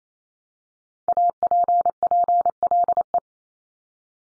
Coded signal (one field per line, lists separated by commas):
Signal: Morse code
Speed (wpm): 28 wpm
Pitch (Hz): 700 Hz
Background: none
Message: APPLE